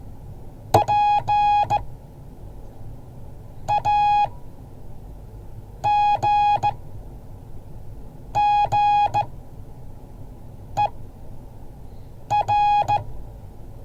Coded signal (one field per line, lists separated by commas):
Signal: Morse code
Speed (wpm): 16 wpm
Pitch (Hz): 830 Hz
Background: none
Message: PAGGER